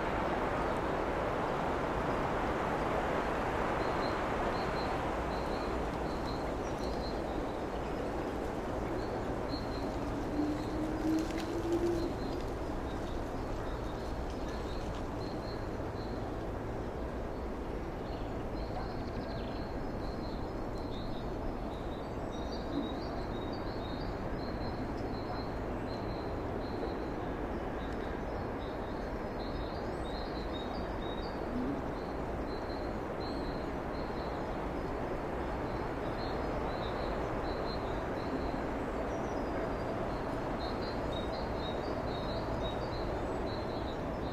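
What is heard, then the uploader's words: Small birds chirp in a forest at dawn, their high, thin calls repeating every few seconds. Beneath them runs a steady, dense rushing noise, and a low engine-like hum drifts in for about twenty seconds. Entspannende Naturklänge. Heute nehme ich Euch mit in ein Naturschutzgebiet im Schwarzwald. A nature reserve in the Black Forest.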